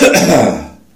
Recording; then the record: coughing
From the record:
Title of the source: Spring Cold Coughing 3